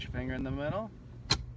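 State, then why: Seated. On a Honda CR-V, after a new washable cabin air filter is slid into its slot behind the glove box, the filter access cover on the housing is pressed in the middle while someone talks. A single sharp, loud click is heard at 1.3 s as the cover snaps shut and seats.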